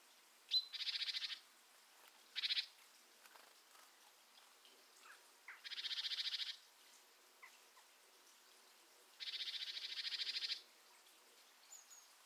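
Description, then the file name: Great tit harsh chattering calls: a high thin note, then buzzy pulsed churrs of varying length, some short, some drawn out. "Parus major"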